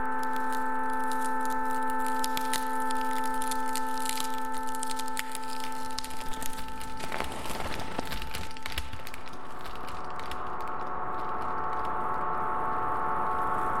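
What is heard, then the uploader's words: Generative ambient piece: a sustained microtonal chord of steady tones hangs through the first half, then fades and shifts near seven seconds. Scattered crackling, rustling textures like paper or salt tick throughout, thickening into a dense granular wash toward the end. Generative ambient composition made of normally distributed sounds including recorded samples (paper, snow, salt) and synthesized microtonal chords.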